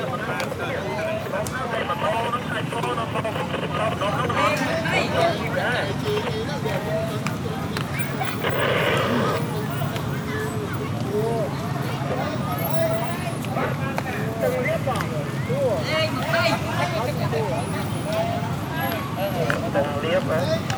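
Phnom Penh street sound during the election period: steady crowd chatter and overlapping voices over a constant low traffic rumble, with a brief brighter burst near nine seconds.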